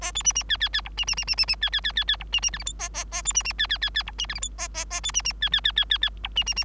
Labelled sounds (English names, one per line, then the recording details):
Bengalese Finch song
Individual Bird3